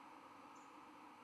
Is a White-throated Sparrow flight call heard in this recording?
no